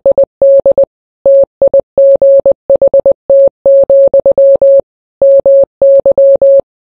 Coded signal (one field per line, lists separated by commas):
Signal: Morse code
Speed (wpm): 20 wpm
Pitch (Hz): 550 Hz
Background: none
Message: ID TIGHT, MY